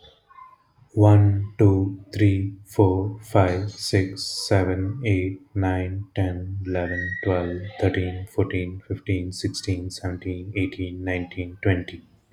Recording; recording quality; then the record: counting at a normal pace; moderate, slight background noise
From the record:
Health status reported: healthy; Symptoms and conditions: none ticked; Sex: male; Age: 39 years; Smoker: not ticked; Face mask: not worn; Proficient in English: yes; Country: India